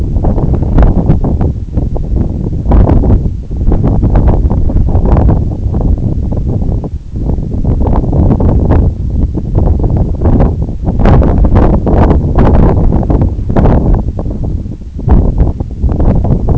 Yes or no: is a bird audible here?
no